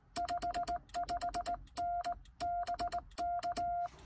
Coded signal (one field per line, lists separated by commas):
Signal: Morse code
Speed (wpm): 17 wpm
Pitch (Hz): 690 Hz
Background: none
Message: 55N BK